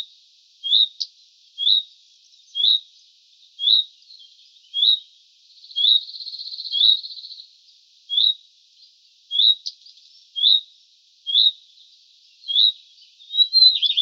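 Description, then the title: Common redstart giving repeated high rising call notes about once a second, a brief hiss midway and a scratchier flurry at the end. Juvenile bird. "Sylvain Jaskowiak - Mes piafs. Rougequeue à front blanc juvénile"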